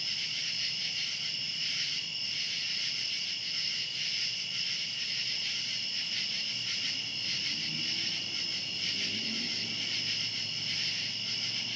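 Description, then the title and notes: Cicadas in a steady nighttime chorus, a continuous shrill buzz in two high bands with slight pulsing, and a faint low hum rising and fading near the end. Outdoors at night. "Ext. Cicadas, Night by Bandeto"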